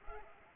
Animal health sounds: mosquito wingbeat signal from an infrared sensor; Culex pipiens

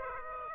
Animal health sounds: mosquito wingbeat signal from an infrared sensor; Aedes aegypti

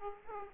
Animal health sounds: mosquito wingbeat signal from an infrared sensor; Aedes aegypti

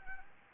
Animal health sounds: mosquito wingbeat signal from an infrared sensor; Anopheles gambiae

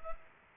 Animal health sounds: mosquito wingbeat signal from an infrared sensor; Culex pipiens

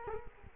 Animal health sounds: mosquito wingbeat signal from an infrared sensor; Culex quinquefasciatus

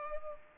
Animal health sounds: mosquito wingbeat signal from an infrared sensor; Culex pipiens

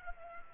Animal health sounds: mosquito wingbeat signal from an infrared sensor; Culex pipiens

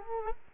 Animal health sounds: mosquito wingbeat signal from an infrared sensor; Culex quinquefasciatus

